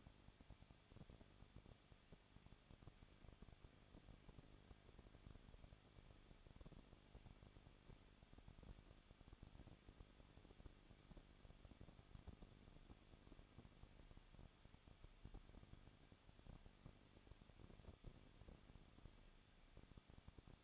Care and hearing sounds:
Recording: daily activity, microphone in the room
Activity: no activity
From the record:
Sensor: 4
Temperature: 23.1 degrees Celsius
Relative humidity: 34.1%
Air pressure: 1007.2 hPa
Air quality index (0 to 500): 214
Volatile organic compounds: 14 ppm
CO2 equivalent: 2470 ppm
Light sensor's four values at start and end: 2/3/1/1 and 2/3/1/1

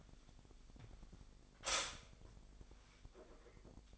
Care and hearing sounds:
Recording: daily activity, microphone in the room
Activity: stop toaster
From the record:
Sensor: 5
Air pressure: 1001.9 hPa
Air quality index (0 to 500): 201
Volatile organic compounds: 18 ppm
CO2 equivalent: 2603 ppm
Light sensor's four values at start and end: 35/111/42/45 and 35/111/43/45

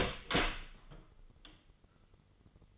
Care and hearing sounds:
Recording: daily activity, microphone in the room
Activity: open door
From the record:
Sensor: 4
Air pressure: 996.9 hPa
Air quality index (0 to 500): 66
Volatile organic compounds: 2 ppm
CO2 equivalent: 1189 ppm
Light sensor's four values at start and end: 18/43/17/17 and 18/42/17/17

